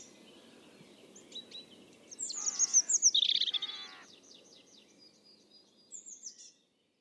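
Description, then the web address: European robin song phrase of thin, high sliding notes and a rapid trill, with a short, fainter phrase after. "Deverinetal 2025 File origin Bird Only Er Ru"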